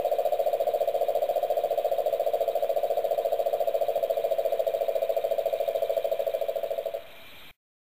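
Cane toad trilling call, a long steady low purring trill of rapid pulses lasting about seven seconds before stopping abruptly, with faint steady hiss behind.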